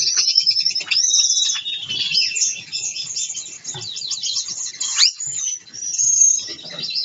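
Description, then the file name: Gouldian finch song: dense, continuous high buzzy warbling with whistled slides and trills. Pair formation and courtship dance. "amadiny gulda sozdanie pary bracnyi tanec"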